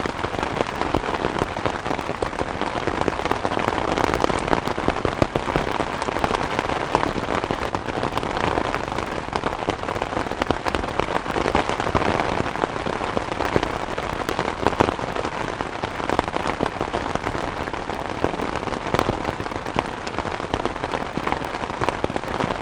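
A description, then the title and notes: Rain patters steadily and densely on an umbrella, a constant crackling rush of tiny taps with no pauses throughout. Rain On Umbrella. 3D Surround Sound.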